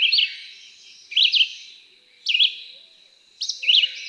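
Red-eyed Vireo song: four brief whistled phrases about a second apart, each a quick rising and falling slur, with a steady faint high hiss.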